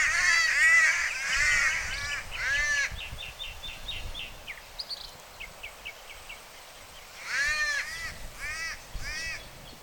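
Cuban palm crow giving a burst of raspy caws, then a pause filled with thin high chirps from another bird, before the caws resume.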